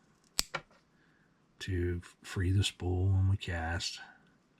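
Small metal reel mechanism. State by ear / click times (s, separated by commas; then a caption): not seated / none. The spool-release clutch of an Abu Garcia 6500c3 Catfish Special fishing reel, the mechanism that frees the spool for casting and locks it for reeling, is handled, with two sharp clicks near 0.4 and 0.6 s before someone talks. The clutch has not clicked back into the locked position yet.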